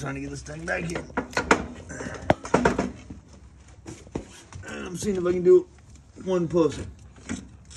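While someone talks, a metal drive shaft or axle is handled and pushed toward the front differential of a Yamaha Wolverine/Big Bear during reinstallation, with sharp metallic knocks and clanks between about 1.4 and 2.8 s. Nothing has seated or clicked into place yet.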